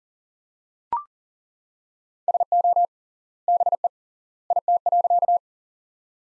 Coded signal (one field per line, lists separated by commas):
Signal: Morse code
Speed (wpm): 40 wpm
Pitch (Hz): 700 Hz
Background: none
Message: SO BE IT.